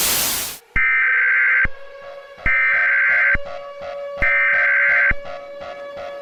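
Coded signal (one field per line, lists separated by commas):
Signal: Emergency Alert System (SAME) tones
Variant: header bursts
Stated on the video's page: Fictional meltdown scenario with evacuation.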